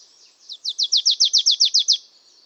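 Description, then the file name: Marsh tit delivering a single rapid string of about twelve high, sharp, downslurred notes over one and a half seconds. "Poecile palustris"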